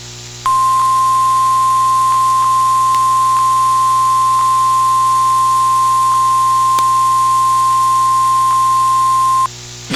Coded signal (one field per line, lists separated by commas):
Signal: Emergency Alert System (SAME) tones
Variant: 1050 Hz attention tone